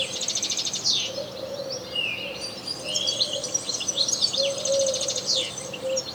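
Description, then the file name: European goldfinch chattering continuously, liquid twitters mixed with dry buzzy trills and a few sliding notes, with a faint low drone underneath. "Carduelis carduelis"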